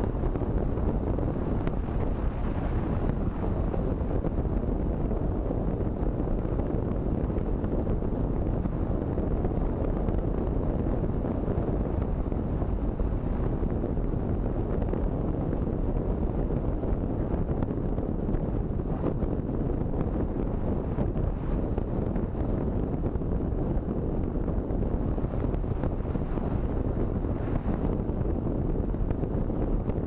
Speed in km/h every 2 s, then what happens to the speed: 59, 59, 58, 56, 56, 55, 55, 54, 53, 53, 52, 51, 51, 51, 52.
0-30 slows to 52.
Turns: none.